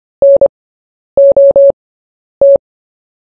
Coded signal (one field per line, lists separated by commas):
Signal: Morse code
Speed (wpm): 25 wpm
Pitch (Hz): 560 Hz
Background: none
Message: NOT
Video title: Short Story 1 at 10 WPM